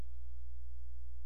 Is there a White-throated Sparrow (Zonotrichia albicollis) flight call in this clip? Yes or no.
no